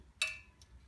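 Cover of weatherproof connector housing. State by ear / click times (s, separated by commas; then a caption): seated / 0.2 s. The lid of a small weatherproof plastic container holding a BMW 5 Series front brake sensor connector is pressed down so it closes properly and keeps water out. It snaps shut with a sharp, bright click at 0.2 s, followed by a faint tick at about 0.6 s. The lid is clipped on and seated.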